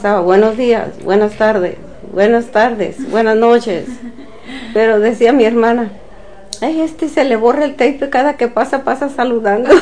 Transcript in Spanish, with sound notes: “Buenos días, buenas tardes. Buenas tardes. Buenas noches”. (risas) Pero decía mi hermana: “¡Ay! A este se le borra el tape, que cada que pasa pasa saludando”.